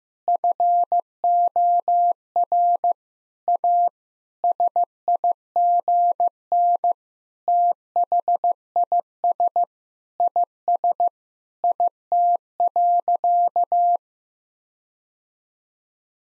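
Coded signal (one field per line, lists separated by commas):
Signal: Morse code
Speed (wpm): 15 wpm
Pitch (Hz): 700 Hz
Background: none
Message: FOR A SIGN THIS IS IT.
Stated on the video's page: Practice sentences containing common six-word phrases at 15 wpm, each sent twice in Morse around a spoken version.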